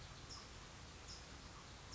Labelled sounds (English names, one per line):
California Towhee